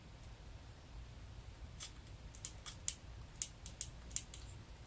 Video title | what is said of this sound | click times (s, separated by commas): How to change your ps4 controller thumbsticks | hear that clicking sound then | 2.9 s